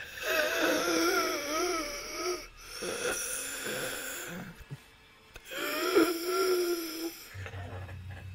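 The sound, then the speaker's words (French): Labored, wheezing breaths: two long whistling, wavering wheezes with a rough, raspy breath between them, fairly loud and with no talking. “Vous voyez juste cette espèce de respiration asthmatique.”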